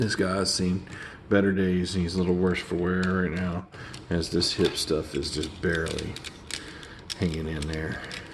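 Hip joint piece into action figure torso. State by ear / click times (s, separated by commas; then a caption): not seated / none. Someone talks while handling the worn plastic hip joint piece of a Transformers Beast Wars Transmetal 2 Megatron action figure, working it against the torso, with light plastic ticks and taps including sharp ones near 6.5 and 6.8 seconds. The part is only being handled and nothing has seated or clicked into place yet; the hip is barely hanging on.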